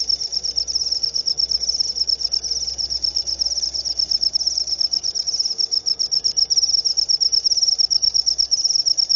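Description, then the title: Cricket trilling: a continuous high, buzzy trill with a rapid pulse, held throughout over a soft low rumble of background noise. Loud chirping of a cricket, played to stimulate lovebirds into continuous singing. "Suara JANGKRIK NGERIK Keras Bikin LOVEBIRD Jadi NGEKEK Terus Vubey"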